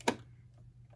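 After the bobbin case is refitted on a Brother SE 1900 sewing machine, the metal needle plate is slid back into the machine bed until it snaps into place. A faint tick at 0.0 s is followed by a short, sharp click at 0.1 s over a steady low hum. The needle plate is seated.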